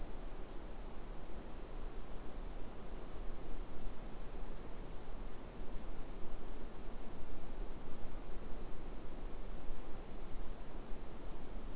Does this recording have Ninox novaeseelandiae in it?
no